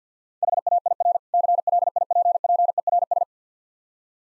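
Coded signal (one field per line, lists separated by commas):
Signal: Morse code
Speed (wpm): 52 wpm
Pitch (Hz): 700 Hz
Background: none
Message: HAIR CLIPPERS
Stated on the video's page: Morse speed practice at 50 wpm of difficult words with contextual hints.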